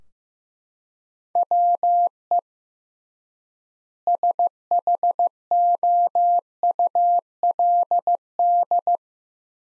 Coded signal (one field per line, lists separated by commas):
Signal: Morse code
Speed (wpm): 15 wpm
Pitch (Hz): 700 Hz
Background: none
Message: WE SHOULD